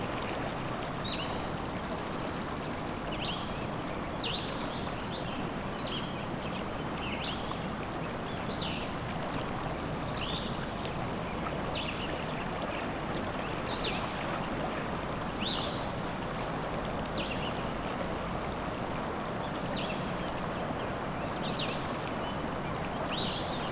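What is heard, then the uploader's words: A river rushes steadily through the woods, a dense, unbroken wash of flowing water that stays even from start to finish. Above it, birds chirp and whistle in short, bright calls every second or so. River Through the Woods.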